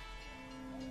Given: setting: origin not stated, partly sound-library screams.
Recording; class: one-second piece from a danger detection set; normal situation